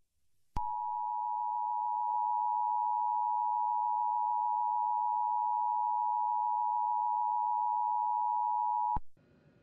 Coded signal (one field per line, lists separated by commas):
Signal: Emergency Alert System (SAME) tones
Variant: 853 and 960 Hz attention tone